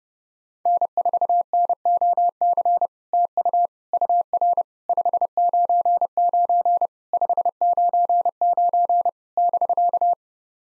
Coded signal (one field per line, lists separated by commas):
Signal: Morse code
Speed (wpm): 30 wpm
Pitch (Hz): 700 Hz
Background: none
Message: N4NOC TU UR 599 599 <BK>